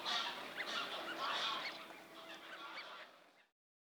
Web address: Greylag